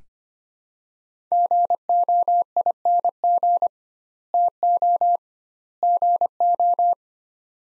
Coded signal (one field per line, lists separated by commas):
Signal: Morse code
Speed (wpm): 25 wpm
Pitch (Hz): 700 Hz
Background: none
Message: GOING TO GO